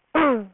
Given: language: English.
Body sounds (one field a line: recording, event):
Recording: throat vibration sensor signal played as sound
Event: throat clearing